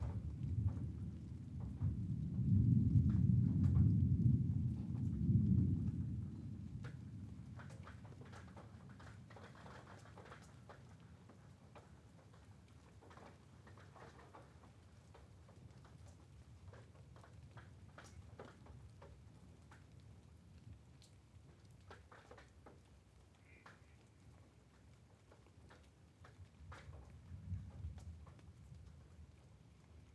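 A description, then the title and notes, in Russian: A night thunderstorm: a heavy, deep thunder roll swells in the first six seconds, then fades into a long low grumble. Scattered drips and ticks of rain fall throughout, and a softer second rumble rises near the end. Эпическая ночная гроза.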